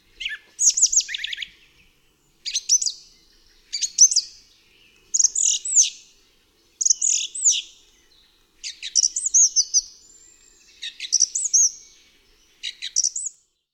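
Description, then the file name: Song thrush singing short, varied phrases of high whistles and rattling notes, separated by brief pauses. "DROZD SPIEWAK"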